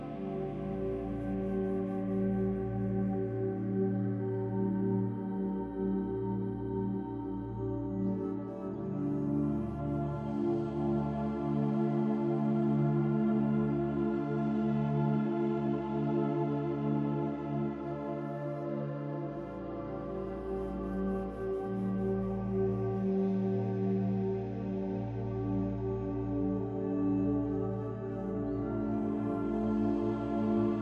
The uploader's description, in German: das mächtige Donnern des Sturms sich mit sanfter, beruhigender Musik vermischt